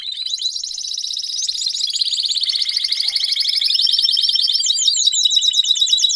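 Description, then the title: Domestic canary song, an unbroken stream of fast rolling trills and chattering notes, some lower and buzzy, others high and sweeping. Male Belgian canary singing a lot; meant to warm up and train young canaries. "Canary Training Esquente Seu Filhote E Canario Belga Em 30 Minutos Macho Cantando Muito"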